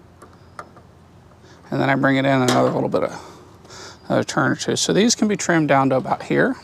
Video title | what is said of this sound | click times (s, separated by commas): Long: HVAC 11: Pulling wire through the conduit | so i take these all the way out until they click because they're loose | 0.6 s